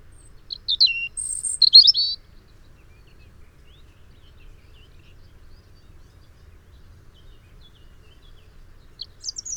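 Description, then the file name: European robin song: one high, intricate phrase of thin whistles and rapid twittering, followed by a long quiet pause and the start of another phrase at the end. "Erithacus rubecula"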